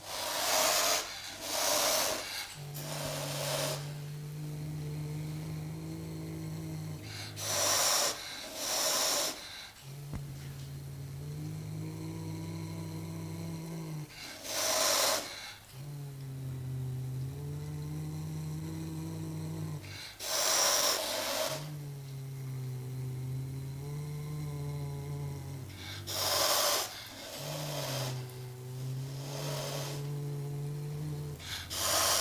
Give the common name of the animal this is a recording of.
Serval